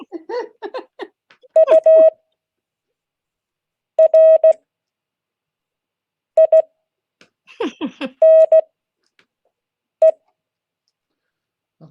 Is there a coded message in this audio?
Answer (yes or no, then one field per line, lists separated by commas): yes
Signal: Morse code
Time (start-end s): 1.6-10.1 s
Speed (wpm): 16 wpm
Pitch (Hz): 640 Hz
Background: none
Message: URINE